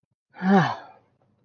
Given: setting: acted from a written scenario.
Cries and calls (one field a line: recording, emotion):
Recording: vocal sound without words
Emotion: relief